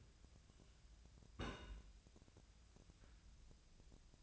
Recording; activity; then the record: daily activity, microphone in the room; place on stove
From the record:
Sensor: 2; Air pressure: 1009.8 hPa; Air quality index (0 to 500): 180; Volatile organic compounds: 10 ppm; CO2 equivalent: 2251 ppm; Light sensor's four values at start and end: 31/77/33/37 and 31/77/33/37